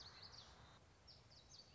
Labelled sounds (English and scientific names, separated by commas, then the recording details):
Common Yellowthroat (Geothlypis trichas)
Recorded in Sonoma County, California